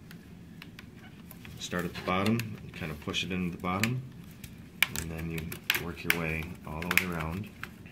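A replacement keyboard is pressed into an HP 3125 notebook laptop chassis, starting at the bottom and working around the edges so the plastic retaining clips snap in. Someone talks throughout while faint taps and light clicks of handling sound, with one sharp tap near 4.8 s. Nothing has seated or clicked into place yet.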